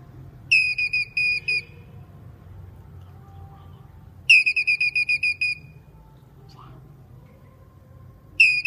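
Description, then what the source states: Squirrel calling: a short broken burst of high chirps, then a longer run of about eight quick shrill notes, and another burst starting at the end. Male squirrel calling.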